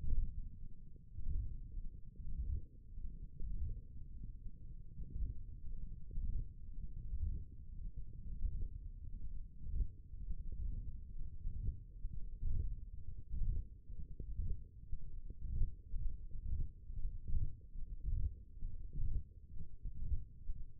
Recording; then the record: forearm muscle sounds (acoustic myography)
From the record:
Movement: hand opening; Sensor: system 1, eight BSWA MPA416 microphones around the upper forearm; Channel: 1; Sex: male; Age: 23 years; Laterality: right